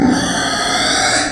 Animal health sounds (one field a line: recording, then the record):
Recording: squeal of a Yucatan mini pig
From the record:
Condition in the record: before surgery on the right vocal fold (resection and tissue-engineered implant)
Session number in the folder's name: 3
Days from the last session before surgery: 0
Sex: female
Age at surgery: 19 weeks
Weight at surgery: 25 kg